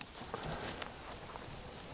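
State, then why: Not seated. New wire terminals for a GM car's ignition lock cylinder with PASSkey theft system, routed through the steering column, are being slid down into their tabs in the steering column connector housing. Only soft handling taps and rustles are heard over a steady low background. Nothing has seated or clicked into place yet.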